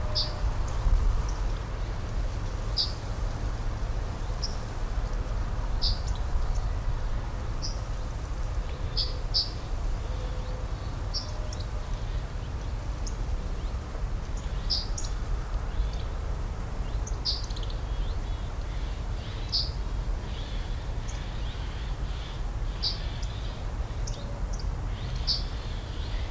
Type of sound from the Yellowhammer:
call